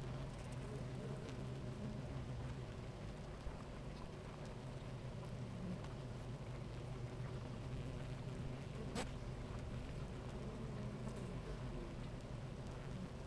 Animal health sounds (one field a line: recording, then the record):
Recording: honeybee colony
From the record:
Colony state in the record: active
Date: 28 July 2017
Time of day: 10:22